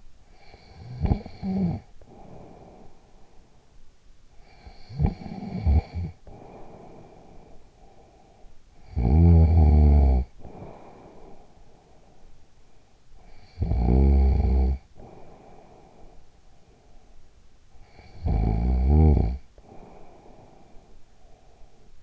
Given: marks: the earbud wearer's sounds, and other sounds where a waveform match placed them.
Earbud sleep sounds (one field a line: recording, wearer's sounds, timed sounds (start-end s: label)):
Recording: sounds in sleep by an in-ear microphone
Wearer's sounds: snoring breath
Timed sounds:
0.10-3.90 s: snoring breath
4.28-12.71 s: snoring breath
12.99-16.85 s: snoring breath
17.62-22.02 s: snoring breath